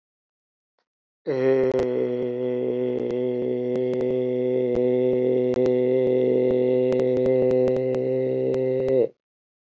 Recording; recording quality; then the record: sustained vowel as in made; excellent, no background noise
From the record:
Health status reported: healthy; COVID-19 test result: negative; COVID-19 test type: RT-PCR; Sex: male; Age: 37 years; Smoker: no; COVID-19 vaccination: both doses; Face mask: not worn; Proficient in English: yes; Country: India